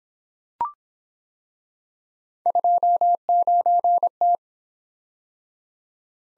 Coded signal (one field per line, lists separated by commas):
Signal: Morse code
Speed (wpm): 24 wpm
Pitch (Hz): 700 Hz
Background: none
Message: 29T